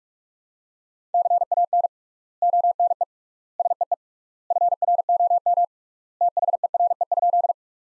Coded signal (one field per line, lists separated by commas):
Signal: Morse code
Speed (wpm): 47 wpm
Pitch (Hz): 700 Hz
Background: none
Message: CAN ONE SEE FROM THERE?